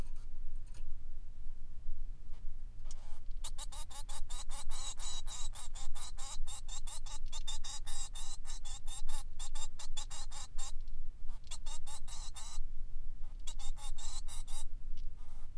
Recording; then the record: song of a male Bengalese finch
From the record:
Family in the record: son of father 3